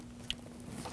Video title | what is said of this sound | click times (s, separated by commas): How to Replace Spark Plugs 2013-2015 Subaru XV Crosstrek 2.0L H4 | Reinstall the connector. Make sure you hear it click. | 0.3 s